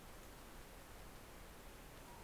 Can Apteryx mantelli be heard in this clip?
no